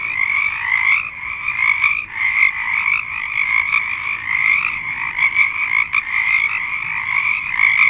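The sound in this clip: Frog chorus of many overlapping callers, a continuous pulsing trill with brief dips near one and two seconds, otherwise unbroken throughout.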